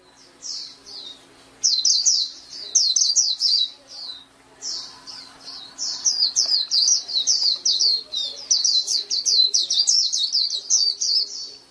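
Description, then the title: Oriental magpie-robin singing fast runs of sharp, high twittering notes, phrases lengthening into a long continuous chatter toward the end. "Kicau Kacer"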